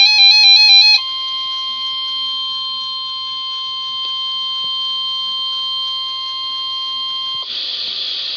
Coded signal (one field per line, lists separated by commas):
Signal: Emergency Alert System (SAME) tones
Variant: 1050 Hz attention tone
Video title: Required Weekly Test | EAS#54 11/11/2020